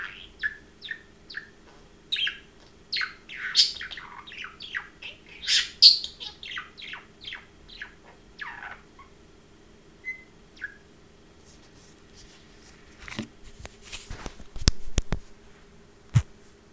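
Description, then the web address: Parrot warbling: quick squeaky chirps for the first nine seconds, then near silence broken by a few clicks and knocking taps. Domestic pet parrot, chirping and talking. "domasen papagal curulika i govori"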